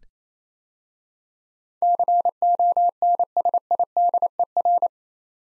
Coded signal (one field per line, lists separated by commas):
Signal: Morse code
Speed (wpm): 27 wpm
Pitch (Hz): 700 Hz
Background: none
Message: CONSIDER